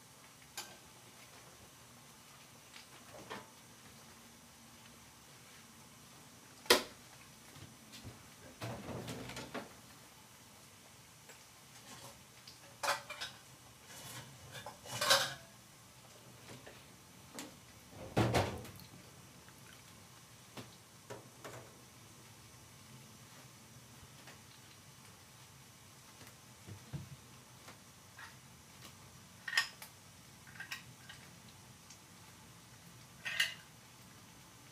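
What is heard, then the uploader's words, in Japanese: Bonito tataki ramen being made: scattered clicks, knocks and clatters every few seconds over a low hum, with louder bangs near 7, 15 and 18 seconds. 環境音 かつおのたたきらーめん。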